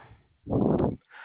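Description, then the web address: Koala bellow: a single loud, harsh, snoring burst lasting about half a second, with quieter rasping breaths before and after. Recorded on 25 February 2021 at 7:44 PM. "Koala CS HMCrecordings 2 25 2021 by ztoney 7 44 55 PM"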